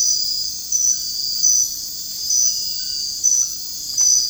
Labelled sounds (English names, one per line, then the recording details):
none
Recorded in dense forest near Puerto Asís, Putumayo, Colombia, on 21 February 2024 at 04:30
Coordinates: 0.485, -76.325
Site G6429